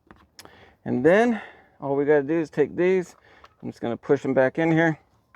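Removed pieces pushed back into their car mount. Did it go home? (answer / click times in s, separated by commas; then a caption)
no / none. During a pilot light install on a 2026 Tesla Model Y Juniper, the removed pieces are being pushed back into their mounting spots in the car while someone talks. A few faint, short ticks sound near the start and at the very end. Nothing has seated or clicked into place yet.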